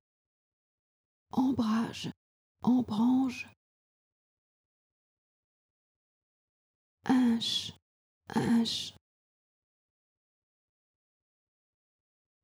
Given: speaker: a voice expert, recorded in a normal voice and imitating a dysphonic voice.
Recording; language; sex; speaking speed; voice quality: pseudo-word pairs; French; female; normal speed; dysphonic voice